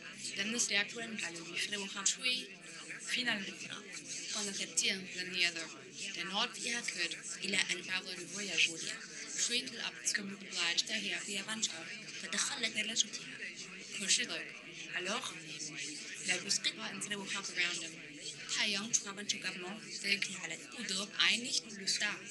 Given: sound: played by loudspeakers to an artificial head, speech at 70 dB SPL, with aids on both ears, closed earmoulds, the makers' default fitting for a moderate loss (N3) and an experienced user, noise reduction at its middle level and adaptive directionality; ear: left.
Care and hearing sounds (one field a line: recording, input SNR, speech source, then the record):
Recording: speech test signal (ISTS) in cocktail-party noise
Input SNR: +3 dB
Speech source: in front (0 degrees)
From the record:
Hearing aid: class 1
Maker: J